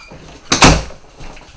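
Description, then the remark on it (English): A door makes one loud, full-bodied thud that rises quickly and then fades over a fraction of a second. Only faint background noise surrounds it, with no talking. “You want me to check the door? No, I don't think it's ours.”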